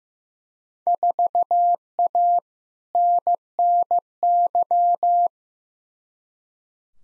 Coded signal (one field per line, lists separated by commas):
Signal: Morse code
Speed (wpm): 15 wpm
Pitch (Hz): 700 Hz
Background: none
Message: 4A NNY